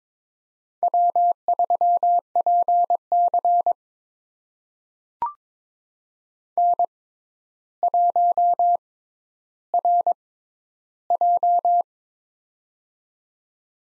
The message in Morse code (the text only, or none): W3PC N1RJ